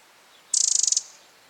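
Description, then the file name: Eurasian wren giving a single dry rattling call, a rapid burst of about a dozen harsh ticks lasting half a second, high-pitched against a quiet background. "Troglodytes troglodytes"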